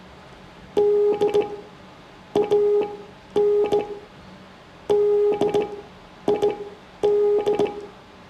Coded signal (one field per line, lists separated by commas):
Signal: Morse code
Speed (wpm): 16 wpm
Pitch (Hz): 410 Hz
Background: none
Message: D AN DID